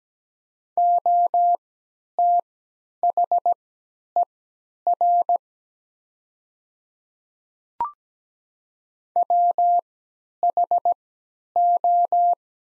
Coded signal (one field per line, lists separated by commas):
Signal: Morse code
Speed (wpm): 17 wpm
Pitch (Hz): 700 Hz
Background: none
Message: OTHER WHO